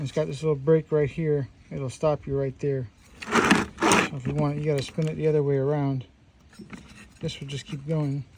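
Someone talks while handling the tool-free wheel guard on a Milwaukee M18 FUEL 18V lithium-ion brushless cordless 4-1/2 in./6 in. braking grinder (2980-20), rotating it back the other way on the guard collar. A brief burst of handling noise comes around 3.2–4.0 s. The guard has not yet locked into place, and nothing has seated or clicked by the end.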